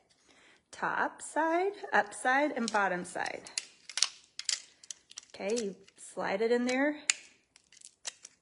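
An interchangeable monogram die plate is handled and slid into a handheld paper embosser while someone talks, with short sharp handling ticks and taps between the words. Nothing has seated or clicked into place yet.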